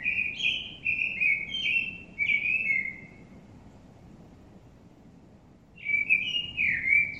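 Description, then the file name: Common blackbird delivers a flowing fluted warble with high twittery accents, pauses about three seconds, then begins another rich whistled phrase. "Turdus merula"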